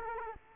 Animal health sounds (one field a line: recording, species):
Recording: mosquito wingbeat signal from an infrared sensor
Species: Culex quinquefasciatus